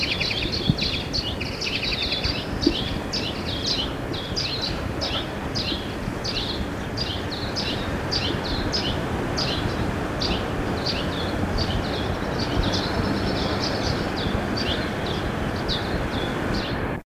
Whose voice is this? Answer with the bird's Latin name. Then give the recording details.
Linaria cannabina. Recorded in the wild. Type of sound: call. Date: 1976-06-18. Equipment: Halbspur, 9,5 cm/s. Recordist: Lütgens, Hans. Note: Mit den Eltern